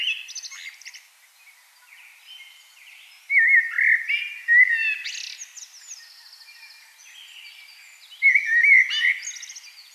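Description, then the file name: Common blackbird song: two bright phrases of low whistles that break into thin, scratchy high notes, separated by a quiet gap. "Turdus merula"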